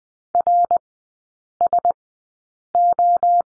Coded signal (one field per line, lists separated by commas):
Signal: Morse code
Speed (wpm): 20 wpm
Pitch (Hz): 700 Hz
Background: none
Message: RSO